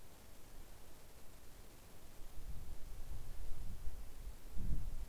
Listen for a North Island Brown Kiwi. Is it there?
no